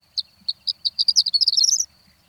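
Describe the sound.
Horned Lark song: a few thin, high, separate notes that quicken into a rapid tinkling jumble, climbing in pitch before stopping abruptly.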